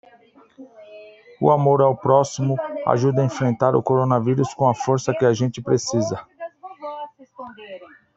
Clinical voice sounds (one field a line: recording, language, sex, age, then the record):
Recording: spoken sentence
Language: Brazilian Portuguese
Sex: male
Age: 40 to 49 years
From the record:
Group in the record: control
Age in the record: 47 years